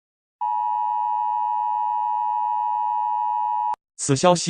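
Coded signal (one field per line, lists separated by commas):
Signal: Emergency Alert System (SAME) tones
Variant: 853 and 960 Hz attention tone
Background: speech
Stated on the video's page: Fictional EAS scenario; simulated alert tones.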